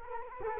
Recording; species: mosquito wingbeat signal from an infrared sensor; Culex quinquefasciatus